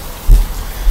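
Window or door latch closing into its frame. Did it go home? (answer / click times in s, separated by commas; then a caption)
no / none. A window or door latch is being closed into its frame. Only steady rain-like noise is heard, with a soft low thump near 0.3 s. The part is handled but nothing has seated or clicked yet.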